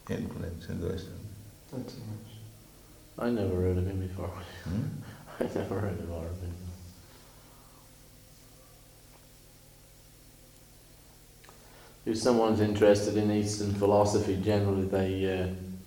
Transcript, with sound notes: influence in the Western...
Not so much.
I never heard of him before.
Hmm?
[laughs] I never heard of Aurobindo. If someone is interested in Eastern philosophy, generally they